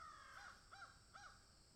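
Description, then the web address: Crow cawing, three short harsh caws in under two seconds over a steady high hiss. Crows cawing in a field. "Debarup Travel Films - Crows Caw in Field"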